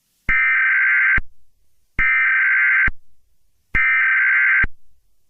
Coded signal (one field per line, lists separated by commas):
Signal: Emergency Alert System (SAME) tones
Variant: header bursts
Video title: eas scenario catemojibabyheat part 32 the young country bomber vs baby abuse emoji cat